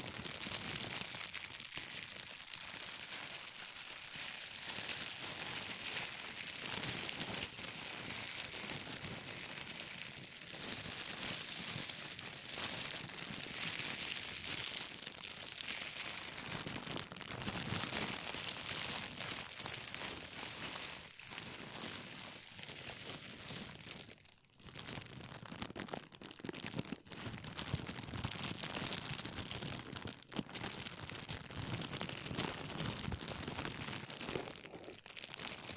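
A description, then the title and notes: Plastic crinkles continuously in dense, crackling rustles, steady throughout with brief pauses near 24 and 30 seconds, bright and sharp. ASMR Plastic Crinkle No Talking.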